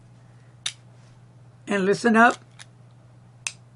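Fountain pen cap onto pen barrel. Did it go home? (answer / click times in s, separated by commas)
yes / 3.5 s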